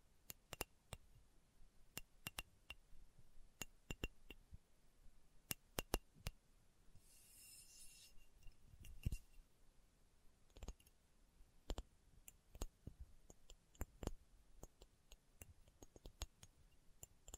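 Slow tapping, sharp dry clicks at irregular intervals roughly once a second, with a brief soft rustle near seven seconds over a quiet background.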